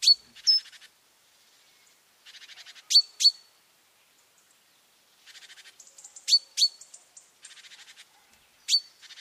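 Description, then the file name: Great tit calls: sharp ringing notes, often in quick pairs, mixed with buzzy, rattling churrs lasting under a second, repeated irregularly throughout. "Parus major"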